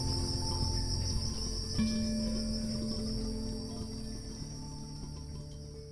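Crickets chirp in a constant high trill, quieter here and fading slightly, with faint soft music tones below.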